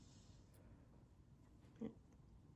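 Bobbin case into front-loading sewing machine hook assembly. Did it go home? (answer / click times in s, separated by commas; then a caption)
no / none. A bobbin case is handled at the front-loading bobbin compartment (hook assembly) of a Singer sewing machine, with soft low handling noise and a brief louder knock near 1.8 s. The case is not yet home, and nothing has seated or clicked yet.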